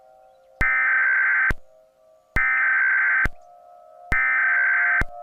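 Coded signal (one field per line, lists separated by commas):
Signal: Emergency Alert System (SAME) tones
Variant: header bursts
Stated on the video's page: Entirely fictional scenario alert using valid EAS tones.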